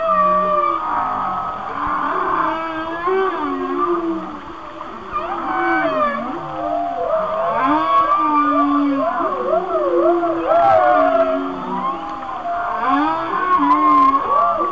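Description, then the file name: Whale song: many intertwining warbling moans that undulate up and down, stacked whistles and sweeping squeals continuing throughout. "Whale Songs- Mike Mc Donald"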